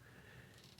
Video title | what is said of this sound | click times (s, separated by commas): Neca Puppet Master...Blade And Torch Figure Review! | And the only accessory he comes with, of course, is his fire, which just clicks right in. | 0.8 s